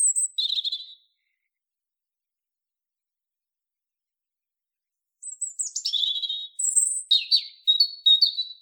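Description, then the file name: European robin song: a brief high phrase, a pause, then a longer rambling phrase of thin whistles and rapid twittering notes. "Erithacus rubecula"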